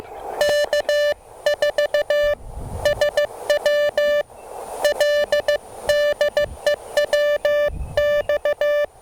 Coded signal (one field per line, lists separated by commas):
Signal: Morse code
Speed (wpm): 14 wpm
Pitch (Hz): 590 Hz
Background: music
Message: K4SWL DE WX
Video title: Taking the truSDX on its first CW POTA activation! Can it activate? We'll find out!